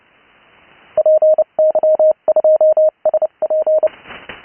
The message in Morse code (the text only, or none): PY2SP